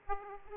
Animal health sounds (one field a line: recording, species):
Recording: mosquito wingbeat signal from an infrared sensor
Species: Aedes aegypti